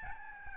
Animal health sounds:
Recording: mosquito wingbeat signal from an infrared sensor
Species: Aedes albopictus

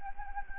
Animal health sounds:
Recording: mosquito wingbeat signal from an infrared sensor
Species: Anopheles gambiae

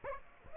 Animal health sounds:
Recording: mosquito wingbeat signal from an infrared sensor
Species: Aedes aegypti

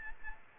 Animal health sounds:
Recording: mosquito wingbeat signal from an infrared sensor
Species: Aedes aegypti

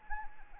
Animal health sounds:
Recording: mosquito wingbeat signal from an infrared sensor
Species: Anopheles arabiensis

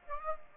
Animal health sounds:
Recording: mosquito wingbeat signal from an infrared sensor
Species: Aedes aegypti

